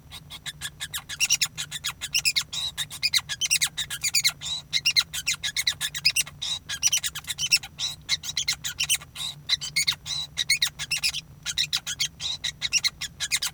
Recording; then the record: song of a male Bengalese finch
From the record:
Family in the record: son of father 5